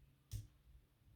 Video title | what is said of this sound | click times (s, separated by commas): Aufero lazer 2 review and unboxing set up from ortur range of lazer engraving | and it's pretty self-explanatory wait for the click | 0.3 s